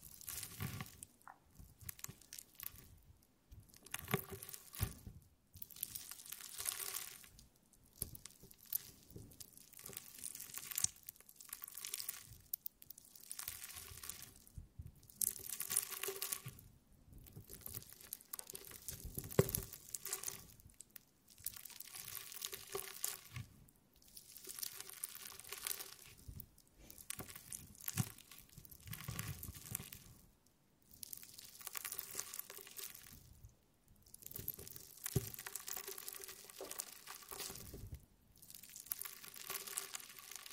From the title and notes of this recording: ASMR Stress Relieving Jelly Sounds For Sleep.